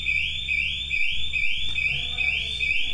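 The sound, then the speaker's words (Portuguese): A loud electronic alarm blares continuously in a church during a Bible reading, a shrill high-pitched tone pulsing in a steady repeating sweep, with a low rumbling hum underneath. “Saiu Exu Alarme.”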